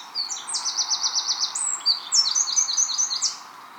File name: Troglodytes troglodytes